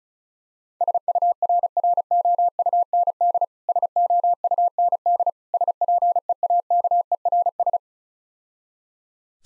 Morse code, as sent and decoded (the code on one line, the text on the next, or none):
... ..- .-. .-. --- ..- -. -.. / ... --- ..- -. -.. / ... .--. . .- -.- . .-. ...
SURROUND SOUND SPEAKERS